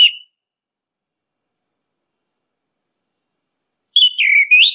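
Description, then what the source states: Orange-headed thrush giving a brief whistled note, then after a long silence a short phrase of slurred whistles that dip and rise. Masteran (training) recording; bird called anis kembang or punglor kembang.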